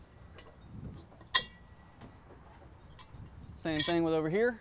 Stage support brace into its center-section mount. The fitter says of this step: Kind of go back at an angle and just push it forward and it should lock into place.